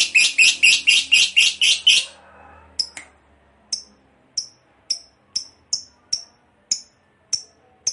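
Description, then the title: Lovebird giving a quick burst of loud shrill chatter for two seconds, then a slower series of short high chips roughly every half second. Ngekek panjang, long continuous chatter, described as gacor, very vocal. "LOVEBIRD NGEKEK PANJANG GACOR BIKIN LATAH"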